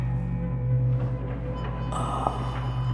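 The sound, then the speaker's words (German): One of several huge washing machines runs in a dark laundry room behind a closed door in the middle of the night. It makes a steady muffled low hum and rumble that never lets up, with a slight rise in churning noise about two-thirds of the way in. “Es war eindeutig eine der riesenhaften Waschmaschinen.”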